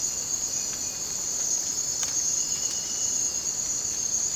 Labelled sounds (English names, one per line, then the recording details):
none
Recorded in dense forest near Puerto Asís, Putumayo, Colombia, on 19 June 2025 at 03:30
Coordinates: 0.484, -76.317
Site G045